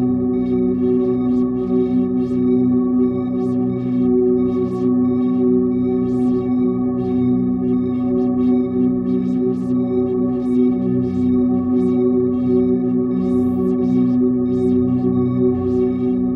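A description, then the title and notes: A steady sine tone at 250 Hz hums throughout, layered with a thick bed of other sustained low tones and a rumbling undertow. Bright, brief flickers and ticks pop up irregularly above it every second or so, giving a restless, accumulating texture. A sine wave of 250 Hz with accumulating textures.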